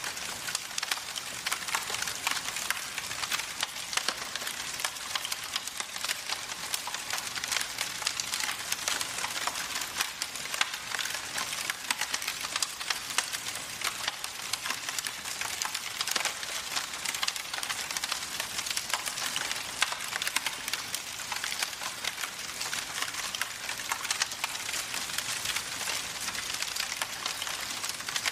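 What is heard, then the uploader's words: A fireplace crackles steadily with dense, bright popping and snapping throughout, even, over a soft low rumble of flames. Holiday Fireplace Ambience. Cozy Winter Scene with Crackling Fire Sounds.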